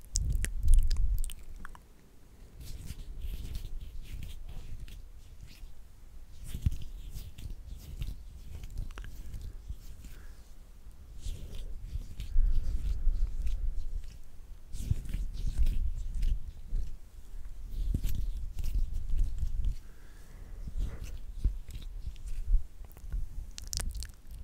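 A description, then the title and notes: Intense mouth sounds: wet clicks, smacks and chewing-like noises come in irregular, closely packed bursts across the whole stretch. A low rumble swells under them repeatedly, strongest near the start and around 7, 15 and 18 seconds, while sharp bright clicks pop through at random. ASMR INTENSE MOUTH SOUNDS.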